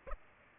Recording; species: mosquito wingbeat signal from an infrared sensor; Aedes aegypti